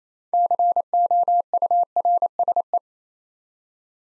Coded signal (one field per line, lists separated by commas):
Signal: Morse code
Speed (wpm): 27 wpm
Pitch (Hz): 700 Hz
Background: none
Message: COURSE